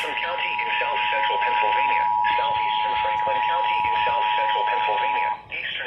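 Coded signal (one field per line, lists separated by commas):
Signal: Emergency Alert System (SAME) tones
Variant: 853 and 960 Hz attention tone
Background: speech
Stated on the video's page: Severe thunderstorm warning from weather radio WXL40, a York FM station via EMnet, and a Harrisburg TV subchannel on cable.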